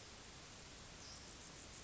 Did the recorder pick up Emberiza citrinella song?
no